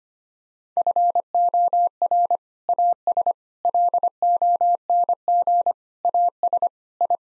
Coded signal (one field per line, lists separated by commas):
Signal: Morse code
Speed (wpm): 25 wpm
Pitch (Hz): 700 Hz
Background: none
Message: FOR AS LONG AS I